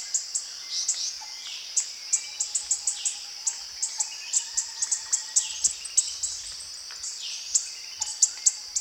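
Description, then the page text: Orange-bellied flowerpecker giving quick, sharp high clicks in irregular runs over a steady high-pitched insect chorus. Recorded at Danum. "Sound of Orange-bellied Flowerpecker at Danum by EDWARDS, David"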